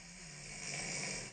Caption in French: C'est moi, cette nuit. La fille qui ronfle.